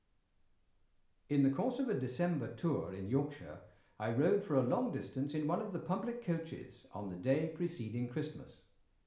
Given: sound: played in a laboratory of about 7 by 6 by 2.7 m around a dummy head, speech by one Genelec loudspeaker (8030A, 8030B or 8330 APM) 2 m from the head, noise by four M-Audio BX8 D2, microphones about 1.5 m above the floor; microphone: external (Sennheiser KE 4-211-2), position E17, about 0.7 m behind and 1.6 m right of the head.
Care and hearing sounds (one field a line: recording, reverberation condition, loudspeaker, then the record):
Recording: male speech in English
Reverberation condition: medium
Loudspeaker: 90 degrees to the right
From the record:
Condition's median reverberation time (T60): about 510 ms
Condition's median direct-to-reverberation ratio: about -0.5 dB